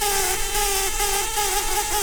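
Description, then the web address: Brown-banded carder bee queen making a steady, droning buzz that wavers slightly in pitch, over broad background hiss. "Humilis queens"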